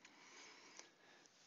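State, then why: Seated. During reassembly of an opened CPAP Dreamstation 2 after cellular modem deactivation, a device cover part is lined up and pressed gently forward into the housing. Over a steady hiss, a sharp snap at 0.8 s marks it seating into place, with faint ticks near 0.1 s and 1.3 s.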